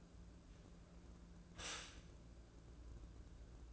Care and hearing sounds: daily activity, microphone in the room; stop toaster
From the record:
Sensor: 2

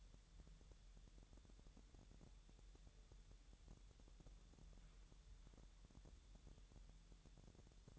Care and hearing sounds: daily activity, microphone in the room; wipe stove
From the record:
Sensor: 3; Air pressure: 1001.0 hPa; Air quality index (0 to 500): 249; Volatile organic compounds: 180 ppm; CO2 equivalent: 4144 ppm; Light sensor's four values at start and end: 12/29/12/12 and 12/29/12/12

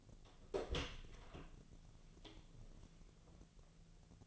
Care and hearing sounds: daily activity, microphone in the room; open door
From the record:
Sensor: 4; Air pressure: 1001.2 hPa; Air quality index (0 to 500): 184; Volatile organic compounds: 2 ppm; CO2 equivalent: 1312 ppm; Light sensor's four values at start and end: 16/38/15/16 and 15/34/14/14

